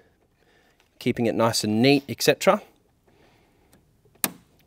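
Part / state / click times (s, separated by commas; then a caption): coolant hose quick connector onto reservoir tank / seated / 4.2 s. Someone talks, then a plastic quick connector on a coolant hose is clipped onto the coolant reservoir tank fitting of a 2011–2015 LW Ford Focus (1.6L, 1.8L or 2.0L). A single sharp click sounds at 4.2 s as the connector seats on the tank.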